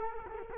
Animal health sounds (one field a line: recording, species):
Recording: mosquito wingbeat signal from an infrared sensor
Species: Culex quinquefasciatus